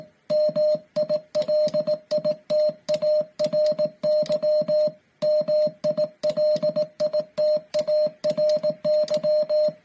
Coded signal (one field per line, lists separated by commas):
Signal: Morse code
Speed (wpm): 18 wpm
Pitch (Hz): 610 Hz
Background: music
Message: MILITARY MILITARY